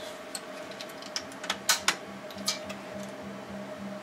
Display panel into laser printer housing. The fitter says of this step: uh little piece of plastic up there and this should snap right in there we go there we